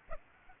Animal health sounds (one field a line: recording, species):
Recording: mosquito wingbeat signal from an infrared sensor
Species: Aedes aegypti